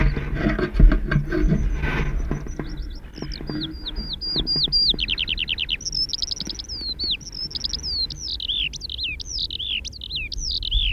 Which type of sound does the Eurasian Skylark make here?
song